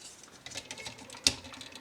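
A plastic weapon backpack is pushed onto the back of a toy robot, with its two pegs going into holes on the left and right. Soft plastic clicks and rustling lead to a sharp click at 1.3 seconds as the backpack seats into place.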